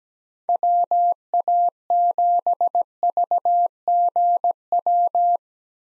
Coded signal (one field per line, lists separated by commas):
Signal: Morse code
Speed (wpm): 17 wpm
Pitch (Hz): 700 Hz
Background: none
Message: WA7VGW